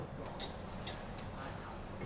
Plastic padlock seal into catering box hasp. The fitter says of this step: nice and easy just snaps into place